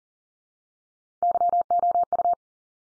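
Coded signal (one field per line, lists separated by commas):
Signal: Morse code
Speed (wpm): 40 wpm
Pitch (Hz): 700 Hz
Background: none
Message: YOU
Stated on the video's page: Morse head-copy drill of the 100 most common English words at 40 wpm, each sent three times, then spoken, then sent again.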